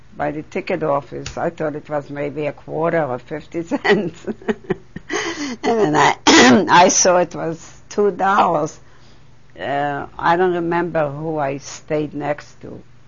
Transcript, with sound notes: by the ticket office, I thought maybe it was a quarter or fifty cents. ( she laughs ) And I saw it was two dollars, I don't remember who I stayed next to.